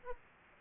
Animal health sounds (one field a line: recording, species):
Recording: mosquito wingbeat signal from an infrared sensor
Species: Aedes aegypti